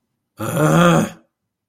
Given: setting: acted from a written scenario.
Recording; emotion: vocal sound without words; anger